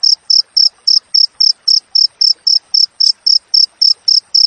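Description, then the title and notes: Cricket giving a brief series of shrill, evenly timed chirps at close to four per second. Wild crickets with clear, closely spaced chirps, for training songbirds and for repelling rats. "Masteran Jangkrik Alam Jernih, Jeda Rapat Cocok Untuk Masteran Burung Dan Mengusir Tikus. suara jangkrik"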